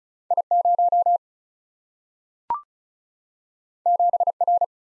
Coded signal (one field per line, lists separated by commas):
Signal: Morse code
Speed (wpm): 36 wpm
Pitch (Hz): 700 Hz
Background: none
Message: I0 7R